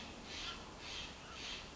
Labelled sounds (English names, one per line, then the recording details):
Steller's Jay
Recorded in Sonoma County, California